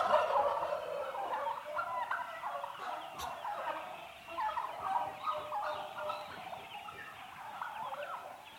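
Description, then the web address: Domestic turkeys in a continuous babble of many overlapping calls, with a faint background hiss throughout. Eight-month-old domestic turkeys, mostly hens, indoors. "interior eight month old turkeys mostly hens females"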